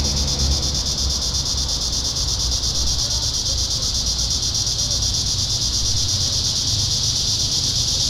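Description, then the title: Cicadas in a continuous, steady high buzzing drone that holds unbroken throughout, with a low rumble of background noise underneath. Cicadas in town. "neoscenes: cicadas in town"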